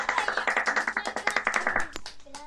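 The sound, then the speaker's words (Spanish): Audience applause after a group sing-along, a quick run of many overlapping claps with a fast, slightly uneven rhythm, fairly loud, fading out toward the end with a few scattered final claps. “¡Un aplauso!”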